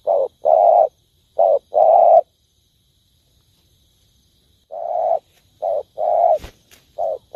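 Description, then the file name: Spotted dove with two pairs of soft coos, a short note then a longer one, a silent gap of over two seconds, then further coos and a brief click. Cooing (Vietnamese: gáy). "tieng cu dat gay"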